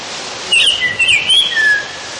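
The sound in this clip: Black-headed hawfinch giving a sweet whistled phrase of several slurred notes, the last one trailing downward, over a light hiss.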